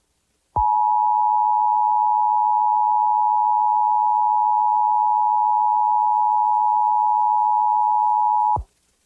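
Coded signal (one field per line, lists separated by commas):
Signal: Emergency Alert System (SAME) tones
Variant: 853 and 960 Hz attention tone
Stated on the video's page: Fictional EAS scenario with SAME tones, an analog horror recreation, not a real alert.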